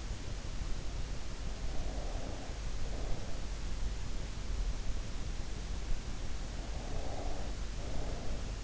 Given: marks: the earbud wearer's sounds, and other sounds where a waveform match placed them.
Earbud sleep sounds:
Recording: sounds in sleep by an in-ear microphone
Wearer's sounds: breath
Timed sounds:
1.69-3.17 s: breath
6.38-8.64 s: breath

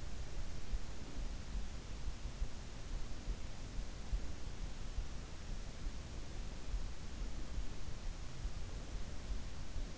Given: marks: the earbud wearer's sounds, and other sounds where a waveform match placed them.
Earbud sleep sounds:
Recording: sounds in sleep by an in-ear microphone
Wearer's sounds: breath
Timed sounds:
0.00-1.77 s: breath

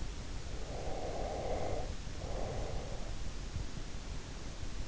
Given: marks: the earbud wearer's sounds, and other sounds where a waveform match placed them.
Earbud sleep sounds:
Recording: sounds in sleep by an in-ear microphone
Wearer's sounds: breath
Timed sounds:
0.53-3.36 s: breath

